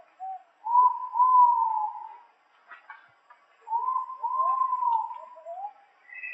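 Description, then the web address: Ivory-breasted pitta call: long, low whistles that rise and then glide slowly down, given twice about three seconds apart. Recorded in Indonesia. "ULM-DS-Lab indonesian-bird-sounds. Pitta maxima"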